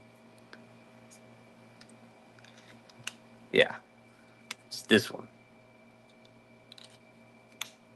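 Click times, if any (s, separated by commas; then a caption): 7.6 s. A steel folding knife is assembled, and its steel blade engages the lock or detent in the handle. Over faint ticks and two louder bursts, someone talks briefly. Then one sharp click at 7.6 s shows the lock seating into place.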